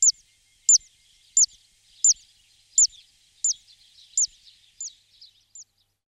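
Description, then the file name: Zitting cisticola song: a sharp, high 'zip' note repeated steadily about every two-thirds of a second, nine times, fading toward the end, with faint background noise. "beccamoschino"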